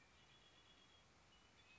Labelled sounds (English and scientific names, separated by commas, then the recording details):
Red-winged Blackbird (Agelaius phoeniceus)
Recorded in Sonoma County, California